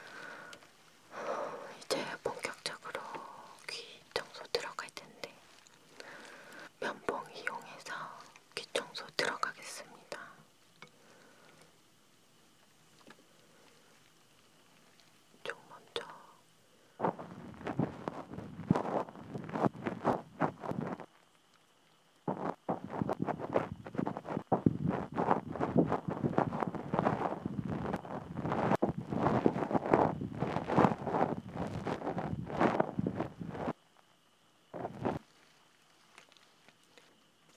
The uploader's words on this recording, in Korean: 풀벌레 소리가 들리는 귀청소 샵 롤플레이 ASMR.